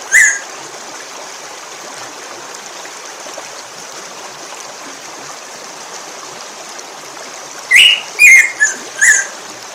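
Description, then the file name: Black-throated grosbeak call: one short whistle at the start, a long quiet gap with faint hiss, then a quick run of several rising and falling whistled notes. "bico de pimenta"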